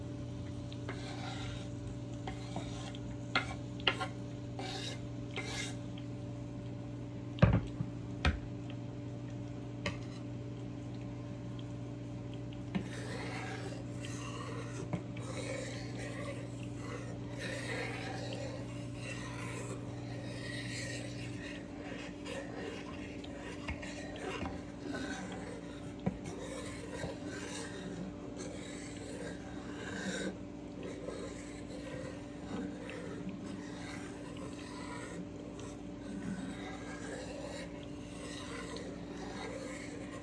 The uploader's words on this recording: Slicing Tomatoes ASMR. Scraping noises from the cutting board.